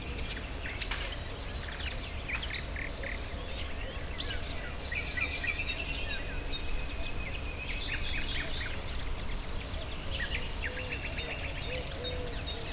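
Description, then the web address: Several birds call together, with overlapping chirps, buzzy trills and brief whistles, while a constant low background noise hums underneath. Recorded at the Hortobágy fishponds, Hungary, in 2014, near the inner terminus of the narrow-gauge railway, amid diverse birdlife. "hanggyujtemeny kisvasut hortobagyihalastavak 2014 termeszet sokszinumadarvilag belsovegallomas"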